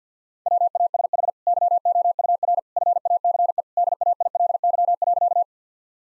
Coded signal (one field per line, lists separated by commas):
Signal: Morse code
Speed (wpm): 50 wpm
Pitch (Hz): 700 Hz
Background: none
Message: WASH YOUR FACE DAILY.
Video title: Easy Sentences with Hints - 50wpm